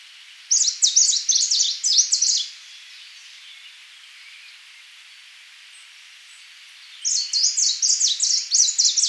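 Nitidus bird song: a two-second phrase of quick, high notes, silence for several seconds, then the same rapid chipping phrase returns.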